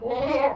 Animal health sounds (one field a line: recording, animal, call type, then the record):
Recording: contact call of a hoofed animal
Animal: goat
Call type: low-frequency (closed-mouth) or high-frequency (open-mouth) call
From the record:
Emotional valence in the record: negative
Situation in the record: food frustration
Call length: 0.56 s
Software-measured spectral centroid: 1420 Hz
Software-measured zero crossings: 1360 a second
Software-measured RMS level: -24 dBFS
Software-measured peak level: -10 dBFS